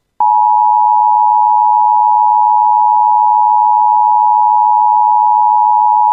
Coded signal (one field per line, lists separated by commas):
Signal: Emergency Alert System (SAME) tones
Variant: 853 and 960 Hz attention tone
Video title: [EAS] Severe Thunderstorm Warning for Northern Beltrami County (7/27/25]